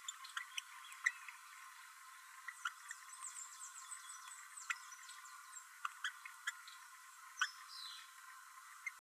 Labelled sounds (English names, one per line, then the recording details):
Green-rumped Parrotlet babbling
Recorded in a nest box in Venezuela
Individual 18B12A3